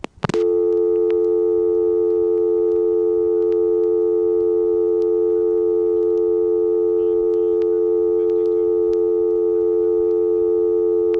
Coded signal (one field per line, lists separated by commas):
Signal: telephone call progress tone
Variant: North America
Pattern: dial tone